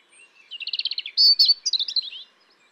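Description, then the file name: European robin song phrase: a quick run of rippling high notes, a couple of louder piercing whistles, then a descending twittering trill. "Erithacus rubecula"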